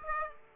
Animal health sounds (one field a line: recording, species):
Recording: mosquito wingbeat signal from an infrared sensor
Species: Aedes aegypti